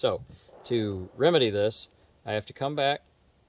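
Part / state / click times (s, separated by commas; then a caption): extractor ratchet in a top-break revolver action / not seated / none. On a Cimarron No. 3 1st Model "American" top-break revolver, the extractor has ended up sitting on top of the rounds during unloading, and the action is about to be closed back to reset the extractor ratchet. Only someone talking is heard, with no mechanical sounds. The extractor ratchet has not snapped back into place yet, and nothing has seated.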